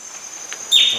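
A bird's short falling call near the end, a brisk high-to-lower swoop, with a steady shrill background tone.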